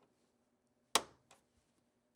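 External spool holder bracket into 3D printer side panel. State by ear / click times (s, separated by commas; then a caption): seated / 1.0 s. A plastic external spool holder bracket is pushed flush against the side panel of a P2S 3D printer and slid left until it snaps into place. A sharp, loud snap comes at 0.9 s, followed by a fainter click at 1.3 s. The bracket is seated.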